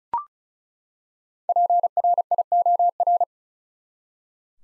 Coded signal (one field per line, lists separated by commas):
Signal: Morse code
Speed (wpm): 36 wpm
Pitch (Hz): 700 Hz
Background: none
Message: PRIOR